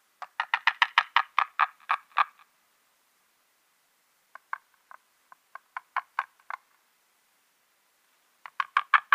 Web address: Schulze Peter White-tailed Eagle